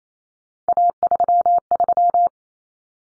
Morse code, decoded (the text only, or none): A33